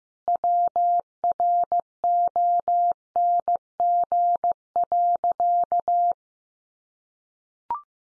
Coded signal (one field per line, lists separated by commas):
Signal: Morse code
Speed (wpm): 15 wpm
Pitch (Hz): 700 Hz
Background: none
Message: WRONG.